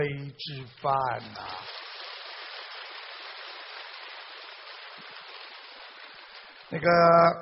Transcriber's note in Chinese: 掌声